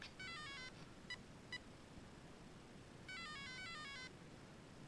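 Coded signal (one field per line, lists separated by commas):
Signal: beep code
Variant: Castle Creations ESC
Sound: rising-falling electronic startup melody, two short beeps, then the melody again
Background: low room rumble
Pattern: 2 short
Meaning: The ESC detected a 2-cell (2S) LiPo battery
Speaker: let's hear it again melody two beeps melody that means that he has to uh sleep on there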